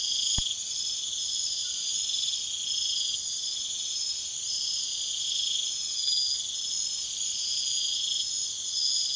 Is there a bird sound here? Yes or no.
no